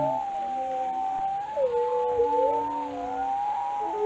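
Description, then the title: Whale calls, thin sustained whistles with slow bends and a few swooping dips, fairly soft throughout. "Whale Watching: A Close Encounter with the Giants of the Sea"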